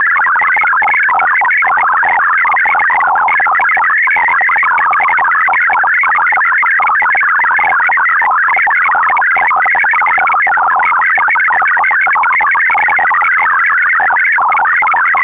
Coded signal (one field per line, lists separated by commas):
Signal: multi-tone FSK (Olivia or MFSK type)